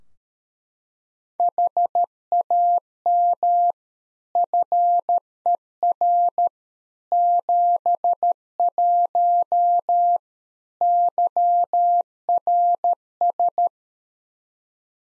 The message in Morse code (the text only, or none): HAM FER 71 YRS